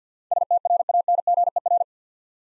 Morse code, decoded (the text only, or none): STRANGER